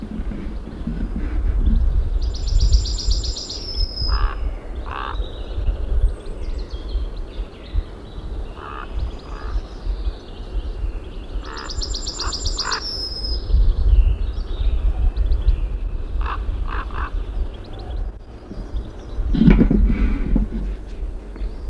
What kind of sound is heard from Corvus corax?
call